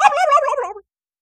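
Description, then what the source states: Turkey gobbling, a single rapid burbling gobble lasting under a second, rattling and slightly falling in pitch, then silence. Barnyard turkey.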